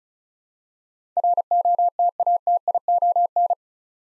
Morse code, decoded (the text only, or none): ROTATION